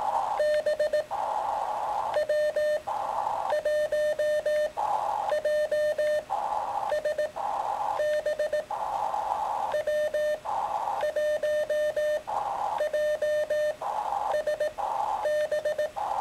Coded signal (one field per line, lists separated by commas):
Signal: Morse code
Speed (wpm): 18 wpm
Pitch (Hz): 600 Hz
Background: none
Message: B W1JSB W1JSB